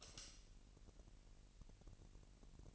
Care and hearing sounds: daily activity, microphone in the room; light off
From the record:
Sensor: 4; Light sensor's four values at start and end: 7/16/6/7 and 6/13/5/5

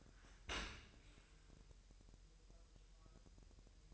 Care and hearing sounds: daily activity, microphone in the room; open dishwasher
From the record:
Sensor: 2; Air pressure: 1000.5 hPa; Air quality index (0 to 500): 247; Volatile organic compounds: 93 ppm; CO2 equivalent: 3708 ppm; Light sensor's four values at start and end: 9/21/9/9 and 9/22/9/9

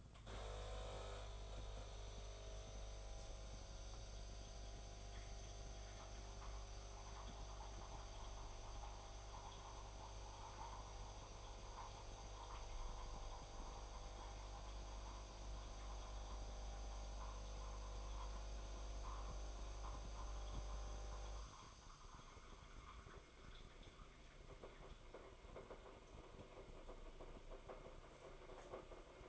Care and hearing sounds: daily activity, microphone in the room; make coffee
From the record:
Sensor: 5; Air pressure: 994.6 hPa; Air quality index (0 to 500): 181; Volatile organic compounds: 993 ppm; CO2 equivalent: 5275 ppm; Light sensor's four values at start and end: 43/133/52/57 and 32/105/40/42

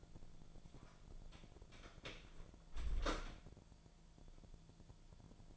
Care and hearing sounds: daily activity, microphone in the room; close door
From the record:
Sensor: 5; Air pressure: 1000.6 hPa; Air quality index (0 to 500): 156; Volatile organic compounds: 2 ppm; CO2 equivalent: 1197 ppm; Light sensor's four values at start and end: 47/110/46/49 and 47/110/46/49

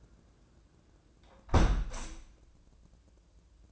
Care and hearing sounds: daily activity, microphone in the room; close window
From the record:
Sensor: 2

